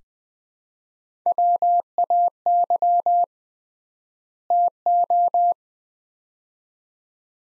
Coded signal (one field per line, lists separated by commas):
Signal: Morse code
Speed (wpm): 20 wpm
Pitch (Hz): 700 Hz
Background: none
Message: WAY TO